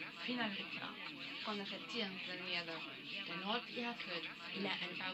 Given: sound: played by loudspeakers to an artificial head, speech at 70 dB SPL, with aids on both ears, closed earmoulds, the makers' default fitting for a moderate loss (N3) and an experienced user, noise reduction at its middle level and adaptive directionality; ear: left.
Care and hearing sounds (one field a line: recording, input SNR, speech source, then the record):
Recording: speech test signal (ISTS) in cocktail-party noise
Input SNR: +6 dB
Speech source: on the right (90 degrees)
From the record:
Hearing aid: class 1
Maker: D